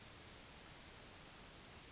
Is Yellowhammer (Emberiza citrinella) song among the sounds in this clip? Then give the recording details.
yes. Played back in forest. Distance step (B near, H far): E. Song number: 052